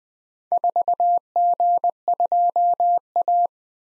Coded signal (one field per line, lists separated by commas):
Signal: Morse code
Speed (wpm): 20 wpm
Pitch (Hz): 700 Hz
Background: none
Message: 4G2A